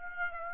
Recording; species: mosquito wingbeat signal from an infrared sensor; Aedes aegypti